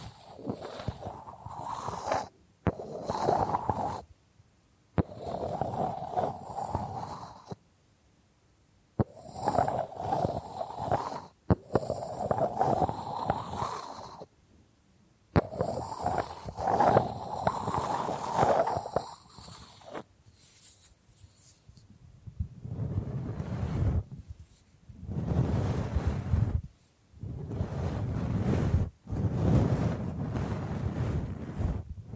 Bamboo Tapping, Scratching and Brushing Sounds